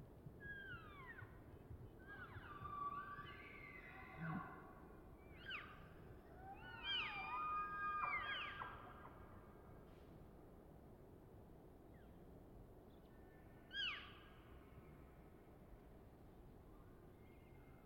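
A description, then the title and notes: Bull elk bugles rise in high, wavering screams with grunting breaks, clustered in the first eight seconds and returning once near fourteen, over steady low rumble. Elk Bull Challenge. I spent another weekend in the Colockum Wildlife Area, camping at the border of Coffin Game Reserve. Not long after dawn I witnessed a challenge. The bulls' bugles sound like very unsettling screams of torture from nearby.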